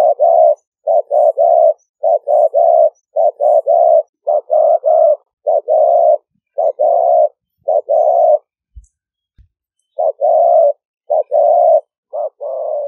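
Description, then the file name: Spotted dove calling steadily, paired short coos leading into a longer note, phrases repeated about once a second with a longer pause late on. "5 hậu" call type. "tieng-cu-gay-5-hau"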